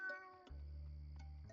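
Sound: cat meowing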